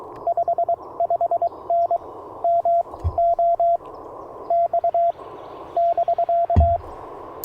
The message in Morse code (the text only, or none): 55N MO X <BK>